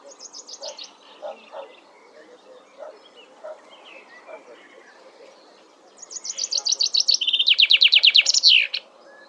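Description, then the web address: Common chaffinch song: a fast trill of repeated notes that drops in pitch and ends in a brief flourish near the end, after faint scattered chirps from other birds. "Deverinetal"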